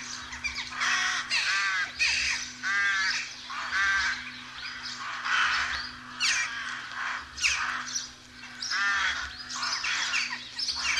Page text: Б. Вепринцев - Голоса весны (1970) - Колония грачей